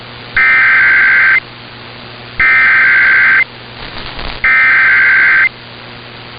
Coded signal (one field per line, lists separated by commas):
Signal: Emergency Alert System (SAME) tones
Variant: header bursts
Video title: TIME TO GET BACK TO WORK | EAS Alerts from 2/17/2022 (EAS #955-979)